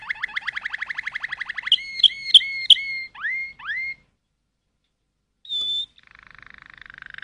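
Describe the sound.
Canary song: a rapid pulsing trill, a few loud sharp notes and curving slurs, a pause, one high whistle, then a soft buzzy trill.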